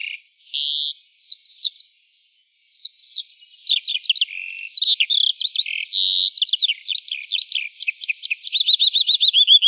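Lark song of varied high chirps and slurred notes, ending in a fast series of short sharp notes and a descending trill.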